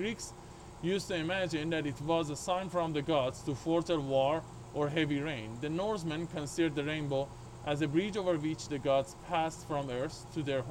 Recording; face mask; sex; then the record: reading aloud; surgical mask; male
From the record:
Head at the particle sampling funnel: tilted up or above it, chin in front of it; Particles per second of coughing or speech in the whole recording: 0.124